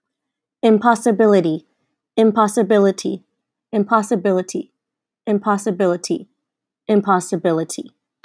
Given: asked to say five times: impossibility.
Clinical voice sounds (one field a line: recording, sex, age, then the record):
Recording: repeated word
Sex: female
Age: 20 to 29 years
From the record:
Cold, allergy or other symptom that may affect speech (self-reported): no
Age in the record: 27 years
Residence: California, United States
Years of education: 18